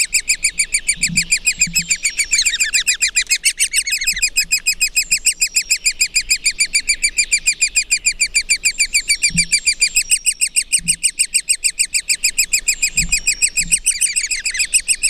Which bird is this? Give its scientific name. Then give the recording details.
Dendrocopos major. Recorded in the wild. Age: juvenile. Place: Krüseliner Mühle, Feldberger Seenlandschaft, Mecklenburg-Vorpommern, DE. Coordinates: 53.2711, 13.4233. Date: 2000-05-27. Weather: wolkenlos, 15°C. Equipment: Sony TCD-D8, Telinga Pro 5. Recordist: Frommolt, Karl-Heinz